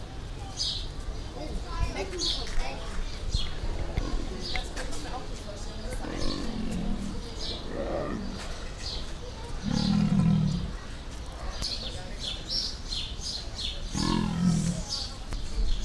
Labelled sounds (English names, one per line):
Leopard call